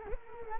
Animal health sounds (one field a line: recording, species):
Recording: mosquito wingbeat signal from an infrared sensor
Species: Culex quinquefasciatus